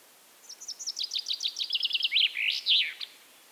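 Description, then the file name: Common chaffinch song: a quick run of bright, even notes that speeds up and descends, ending in a louder flourish, about two and a half seconds long, over a quiet background. "Fringilla coelebs"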